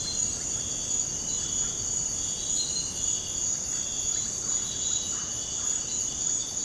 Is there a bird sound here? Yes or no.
no